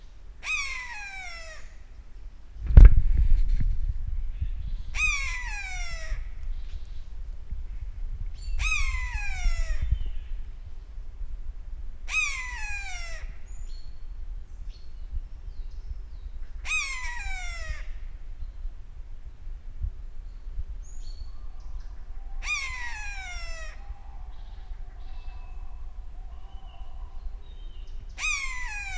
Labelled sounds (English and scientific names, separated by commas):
Common Buzzard (Buteo buteo) call